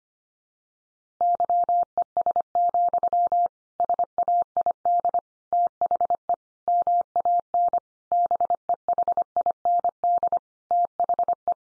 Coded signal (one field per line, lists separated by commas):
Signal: Morse code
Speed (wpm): 25 wpm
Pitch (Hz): 700 Hz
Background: none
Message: YES, SAID THE MAN BEHIND THE